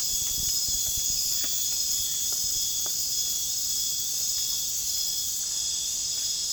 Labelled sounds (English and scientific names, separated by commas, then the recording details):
none
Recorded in pastures near Puerto Asís, Putumayo, Colombia, on 30 June 2025 at 01:00
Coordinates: 0.466, -76.322
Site GP07